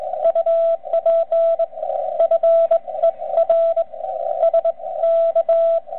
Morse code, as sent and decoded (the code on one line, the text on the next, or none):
..- .--. / ..-. . .-. / ... -.-
UP FER SK